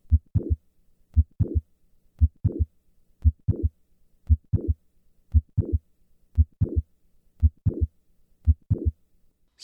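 An adult heart heard with a stethoscope during squatting: a regular, slow beat at about 58 per minute. Each first heart sound is followed by a sharp systolic click and a brief, restored murmur before the second sound. With squatting the click moves later in systole, typical of mitral valve prolapse.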